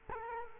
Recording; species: mosquito wingbeat signal from an infrared sensor; Culex quinquefasciatus